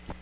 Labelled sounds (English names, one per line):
Magnolia Warbler flight call